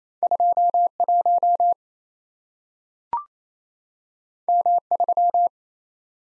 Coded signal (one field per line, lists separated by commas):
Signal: Morse code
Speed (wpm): 28 wpm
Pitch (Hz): 700 Hz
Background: none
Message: 21 M3